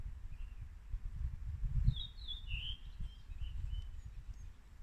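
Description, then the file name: Bird giving a few faint, thin chirps and twittering notes over a steady low rumble of background noise. "unknown bird"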